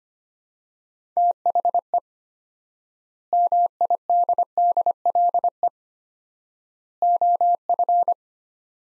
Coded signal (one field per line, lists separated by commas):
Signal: Morse code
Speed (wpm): 25 wpm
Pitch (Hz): 700 Hz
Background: none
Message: THE MIDDLE OF